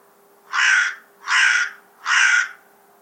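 Bird repeating three rasping caw notes at an even pace, roughly one every three-quarters of a second.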